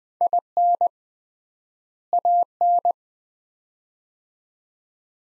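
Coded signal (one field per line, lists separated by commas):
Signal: Morse code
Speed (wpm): 20 wpm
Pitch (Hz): 700 Hz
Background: none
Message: IN AN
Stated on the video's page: Morse practice drill of two-word sets at 20 wpm with 3x word spacing, similar to Farnsworth method, each set followed by spoken words.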